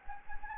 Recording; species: mosquito wingbeat signal from an infrared sensor; Anopheles gambiae